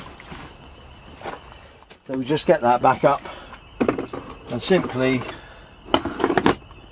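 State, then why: Seated. Someone talks while the emptied caravan toilet waste cassette is lifted back up and slid into its housing in the caravan wall, with scraping and knocking sounds along the way. A sharp clunk at 5.9 s marks the cassette locking into place, followed by a few quick knocks as it settles, leaving it seated and ready for use.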